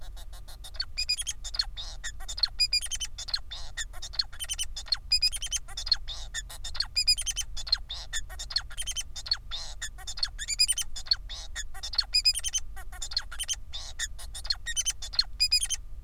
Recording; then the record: song of a male Bengalese finch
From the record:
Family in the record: son of father 4